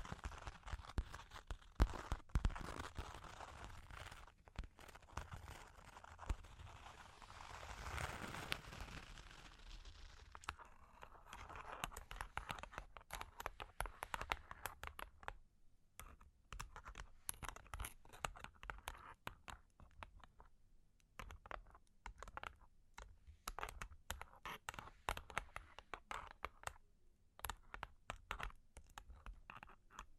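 Long claws tap and scratch in quick, uneven clicks, with a denser scraping stretch early on, then sparser sharp taps separated by brief pauses.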